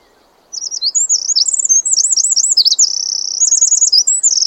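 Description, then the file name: Eurasian wren singing loudly, a rapid high-pitched series of twittering loops and rolling trills that starts half a second in and runs to the end. "Troglodytes troglodytes"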